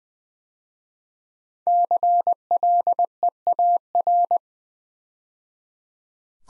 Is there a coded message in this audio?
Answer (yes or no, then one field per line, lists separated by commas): yes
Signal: Morse code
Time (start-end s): 1.7-4.4 s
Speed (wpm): 20 wpm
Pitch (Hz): 700 Hz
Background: none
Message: CLEAR